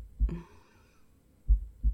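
Dull, low thumps of an adult heartbeat, heard up close, stand out from a quiet background, with a paired lub-dub near the end. The sounds are soft and muffled, with a brief faint whistling tone after the first beat.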